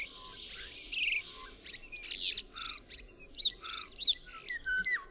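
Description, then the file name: Common starling singing a varied medley of whistles, clicks and harsh chattering notes, with descending whistled slurs and rattling bursts in quick succession. "SZPAK"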